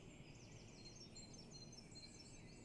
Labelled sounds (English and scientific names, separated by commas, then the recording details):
Great Tit (Parus major)
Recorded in Germany
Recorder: ecoPi